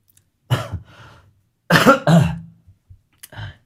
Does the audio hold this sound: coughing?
yes